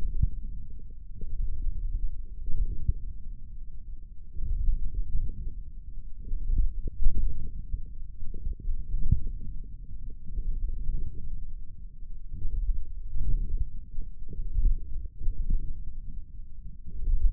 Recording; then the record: forearm muscle sounds (acoustic myography)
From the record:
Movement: wrist flexion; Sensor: system 1, eight BSWA MPA416 microphones around the upper forearm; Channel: 5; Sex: male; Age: 28 years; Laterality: right